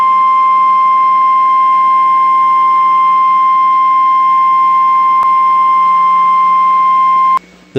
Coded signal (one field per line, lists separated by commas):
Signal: Emergency Alert System (SAME) tones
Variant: 1050 Hz attention tone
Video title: EAS MOCK: 911 TELEPHONE OUTAGE EMERGENCY 1/26/21